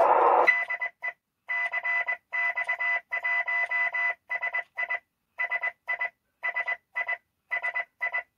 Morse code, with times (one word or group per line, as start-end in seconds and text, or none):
0.5-1.1 DE
1.5-5.0 CX1SI
5.4-6.1 SI
6.4-7.1 SI
7.5-8.2 SI